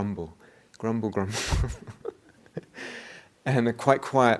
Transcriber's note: laughs